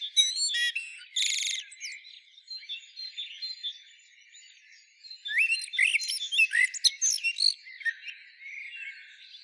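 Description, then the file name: Common blackbird with a high squeaky twitter at the start, a quieter stretch, then a dense run of whistled slurs and chattering high notes. "Turdus merula"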